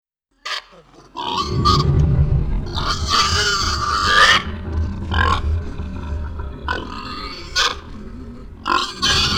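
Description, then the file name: Pig grunts and shrill squeals, a long harsh squeal midway followed by several shorter squealing bursts. "Sound Collective - Pig Grunts and Squeals Screams"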